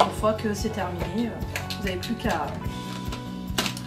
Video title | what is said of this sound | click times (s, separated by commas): Dyson V6 Matress - Accesoires et entretien | reclipser le tout, voilà, toujours le petit clic qui vous dit que c'est tout bon. | 3.6 s